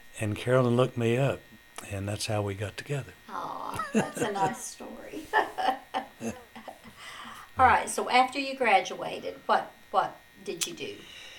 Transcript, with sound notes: And Carolyn looked me up, and that's how we got together.
Ah, that's a nice story. (Laughter) Alright, so after you graduated, what-- what did you do?